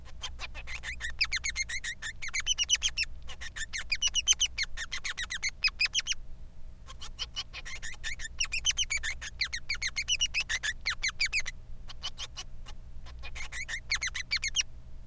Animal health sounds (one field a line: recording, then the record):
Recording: song of a male Bengalese finch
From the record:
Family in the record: son of father 3